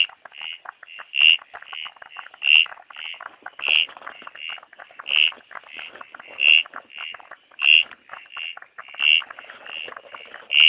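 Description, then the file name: Dusky gungan calls, short sharp squelchy notes repeated irregularly about once a second over a background of fainter, rapid frog notes. Numerous at one site; recorded on a Wednesday during frog monitoring at Maleny Precinct sites, after about 700 mm of rain. "uperoleia fusca"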